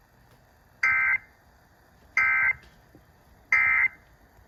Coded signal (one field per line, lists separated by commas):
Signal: Emergency Alert System (SAME) tones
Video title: The first EAS Compilation of 2023 (4/1/23) (EAS #527 - 532)